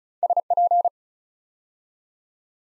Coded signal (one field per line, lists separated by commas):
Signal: Morse code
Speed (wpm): 36 wpm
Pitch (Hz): 700 Hz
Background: none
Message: SP